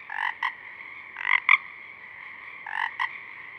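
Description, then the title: Pacific chorus frog giving three two-part calls over a continuous background chorus. A few small frogs singing at dusk, recorded through a parabolic reflector. "Pacific Chorus Frogs (Pseudacris regilla), dusk, Parabolic"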